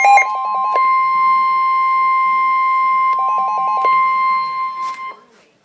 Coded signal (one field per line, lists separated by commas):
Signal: Emergency Alert System (SAME) tones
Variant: 1050 Hz attention tone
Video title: Severe Thunderstorm Warning - EAS #115